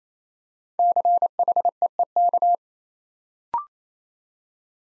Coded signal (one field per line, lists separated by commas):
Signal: Morse code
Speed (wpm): 27 wpm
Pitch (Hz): 700 Hz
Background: none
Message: CHEEK